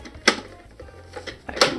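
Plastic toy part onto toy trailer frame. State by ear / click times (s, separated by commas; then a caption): seated / 0.3 s, 1.6 s. A plastic container or cab from a Playmobil Big Rig (9314) toy truck is pressed onto the plastic trailer frame and snaps into place with sharp clicks at 0.3 s and 1.6 s. Softer plastic rattles and knocks are heard between the clicks. The part is checked and confirmed to be seated all the way on the frame.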